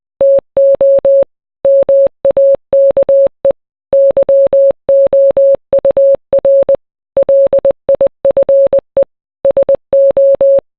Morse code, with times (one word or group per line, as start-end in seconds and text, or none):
0.2-1.2 TO
1.6-3.5 MAKE
3.9-6.8 YOUR
7.2-9.0 LIFE
9.4-10.6 SO